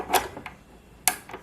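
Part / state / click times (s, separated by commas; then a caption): bobbin case into the sewing machine shuttle race / seated / 1.1 s. A loaded metal bobbin case, its latch held open, is pushed into the shuttle race of a Singer Tradition 2277 sewing machine and let go, after a soft rustle near the start and a faint tick at 0.5 s. A sharp metallic click at 1.1 s marks the case seating, with a quieter sound following at 1.3 s. The bobbin case is in the machine, its metal arm locked into its nook.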